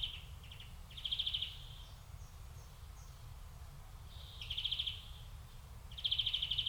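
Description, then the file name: European greenfinch giving brief, rapid rattling trills at intervals of a few seconds, with softer twittering notes between them. "Chloris chloris"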